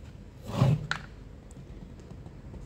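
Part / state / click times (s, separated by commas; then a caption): rubber intake boot into chainsaw engine housing / seated / 0.9 s. A rubber intake boot is worked back into its mounting in the engine housing of a Stihl MS390 chainsaw during a rebuild. A dull, low handling rumble builds around 0.5–0.8 s, followed by a sharp snap at 0.9 s and a faint tick at 1.5 s. The boot snaps back into place and is seated.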